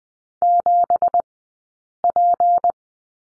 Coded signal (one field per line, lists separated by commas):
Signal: Morse code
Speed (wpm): 20 wpm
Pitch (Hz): 700 Hz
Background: none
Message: 7P